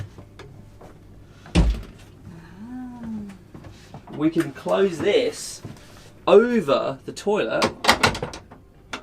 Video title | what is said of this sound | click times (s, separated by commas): Overnight Artic Circle Sleeper Train FULL TOUR - Helsinki to Lapland SANTA CLAUS EXPRESS | and it locks into place. | 8.9 s